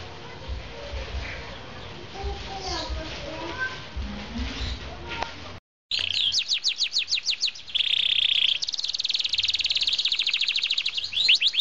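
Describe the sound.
Bird song starting after a quiet stretch: rapid high sweeping chirps, then long buzzy trills mixed with repeated descending notes.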